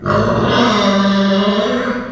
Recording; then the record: squeal of a Yucatan mini pig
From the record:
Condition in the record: after surgery on the right vocal fold (resection and tissue-engineered implant); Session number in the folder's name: 15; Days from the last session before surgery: 175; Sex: female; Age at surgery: 19 weeks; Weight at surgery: 25 kg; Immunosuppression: prednisolone